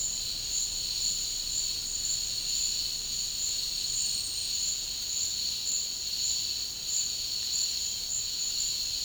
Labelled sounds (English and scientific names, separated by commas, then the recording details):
none
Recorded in dense forest near Puerto Asís, Putumayo, Colombia, on 13 March 2025 at 14:00
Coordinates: 0.485, -76.318
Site G056